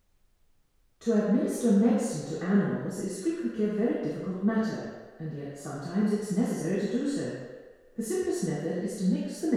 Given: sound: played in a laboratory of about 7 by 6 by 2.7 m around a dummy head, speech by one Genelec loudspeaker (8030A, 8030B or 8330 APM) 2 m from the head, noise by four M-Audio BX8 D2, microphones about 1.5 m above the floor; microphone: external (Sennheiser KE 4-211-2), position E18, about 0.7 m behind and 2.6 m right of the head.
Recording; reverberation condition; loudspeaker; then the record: female speech in English; high; 120 degrees to the right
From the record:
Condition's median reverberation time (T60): about 1300 ms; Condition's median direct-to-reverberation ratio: about -4.0 dB